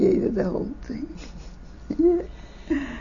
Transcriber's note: she laughs